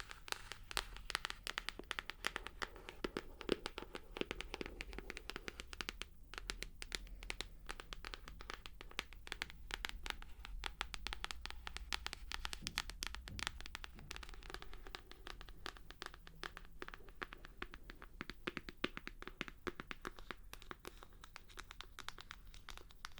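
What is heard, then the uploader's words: Tapping runs throughout: dense, fast, irregular clicks and taps, sharp and bright, with no real pause across the whole stretch. A faint low hum sits underneath, and some taps have a crinkly, scratchy edge, like fingers working over a surface. Tapping. (No Talking).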